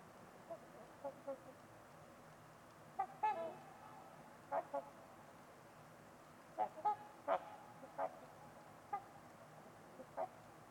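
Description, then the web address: Trumpeter swan honks, soft and scattered at first, then brief clustered nasal notes at intervals, over low background hiss. Trumpeter swans on a winter's eve at Winters Lake, in a deep, silent winter valley, with distant white noise. "Trumpeter Swans on a Winter's Eve. Winters-Lake-with-Swan. Wind Is the Original Radio"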